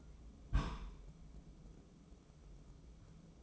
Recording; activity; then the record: daily activity, microphone in the room; place on stove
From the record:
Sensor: 1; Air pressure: 995.4 hPa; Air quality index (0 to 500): 28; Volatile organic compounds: 1 ppm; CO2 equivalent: 539 ppm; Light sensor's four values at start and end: 29/101/38/40 and 29/101/38/40